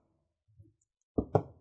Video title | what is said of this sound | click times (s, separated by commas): How to Repaste and Clean ASUS X571G - X571GD BQ234T Laptop - Step-by-Step Guide | you just want to go around twisting it out you want to hear some click sound that's what you want to hear | 1.2 s, 1.3 s